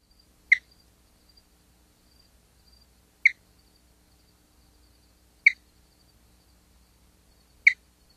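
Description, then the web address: Spotted chirping frog giving single short, sharp chirps, four in all, spaced roughly two seconds apart in silence. "Songs of Frogs Toads of North America. Spotted Chirping Frog"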